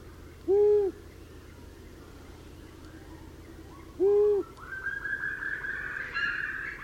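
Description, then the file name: Long-eared owl gives two deep hoots a few seconds apart, followed by another bird's series of higher notes toward the end. "Gufo Comune"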